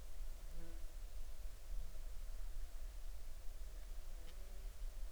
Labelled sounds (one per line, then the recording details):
insects
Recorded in the Arctic National Wildlife Refuge, Alaska, on 20 July 2019 at 02:45
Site 38